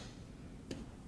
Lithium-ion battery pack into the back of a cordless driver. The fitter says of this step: and insert the battery into the back of the driver make sure the battery is inserted in the proper orientation snap into place